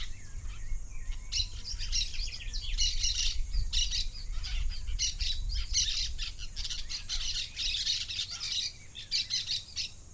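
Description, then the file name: Parakeet chattering with harsh, scratchy squawks in dense bursts, over a steady low rumble. "Parakeet-Sound Bible"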